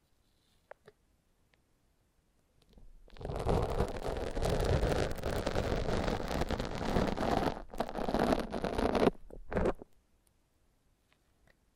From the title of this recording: Foam Massage